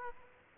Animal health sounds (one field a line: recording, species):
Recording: mosquito wingbeat signal from an infrared sensor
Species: Aedes aegypti